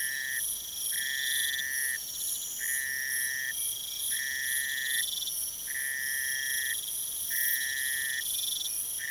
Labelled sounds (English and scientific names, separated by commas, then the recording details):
none
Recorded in pastures near Puerto Asís, Putumayo, Colombia, on 22 June 2025 at 04:00
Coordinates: 0.486, -76.323
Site H29